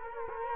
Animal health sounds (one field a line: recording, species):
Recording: mosquito wingbeat signal from an infrared sensor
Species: Culex quinquefasciatus